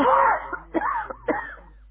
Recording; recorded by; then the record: voluntary cough; telephone call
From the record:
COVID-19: positive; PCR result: checked with the laboratory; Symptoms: yes